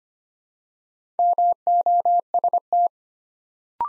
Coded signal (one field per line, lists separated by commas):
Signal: Morse code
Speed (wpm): 25 wpm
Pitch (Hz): 700 Hz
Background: none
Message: MOST